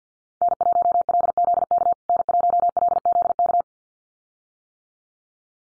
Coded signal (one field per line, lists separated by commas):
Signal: Morse code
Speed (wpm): 49 wpm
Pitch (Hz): 700 Hz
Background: none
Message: N1LZK N1LZK